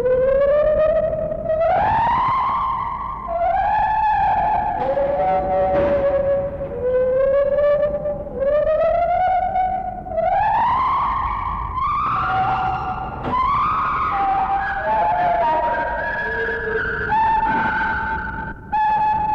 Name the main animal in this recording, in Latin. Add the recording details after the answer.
Hylobates lar. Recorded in captivity. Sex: pair. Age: adult. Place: Zoo Berlin, Berlin, DE. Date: 1961-01-07 14:00. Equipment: Minifon, Kopie Smaragd. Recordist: Tembrock, Günter. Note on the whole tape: Duette des Paares, sie beginnt. Innenaufnahme, z.T. etwas hoch ausgesteuert